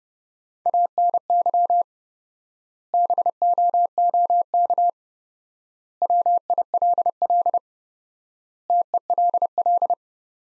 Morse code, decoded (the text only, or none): ANY BOOK WILL TELL